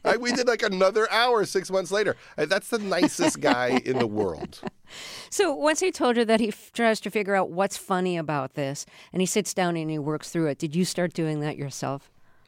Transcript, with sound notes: We did, like, another hour, six months later. And that's the nicest guy in the world.
(Laughter). So once he told you that he tries to figure out what's funny about this and he sits down and he works through it, did you start doing that yourself?